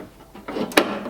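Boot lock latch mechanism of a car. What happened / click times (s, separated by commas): The latch snapped into its locked position / 0.8 s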